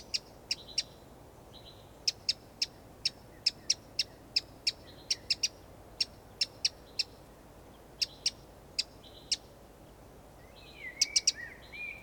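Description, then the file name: Eurasian wren giving many sharp dry clicks in irregular runs, with soft high whistles and a short twittering phrase near the end. "Troglodytes troglodytes"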